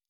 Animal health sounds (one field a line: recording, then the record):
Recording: hydrophone in a shrimp aquaculture tank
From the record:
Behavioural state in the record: normal